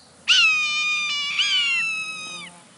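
Swainson's Hawk: two shrill, whistled screams. The first is long and level, the second shorter, and each slurs downward at its close.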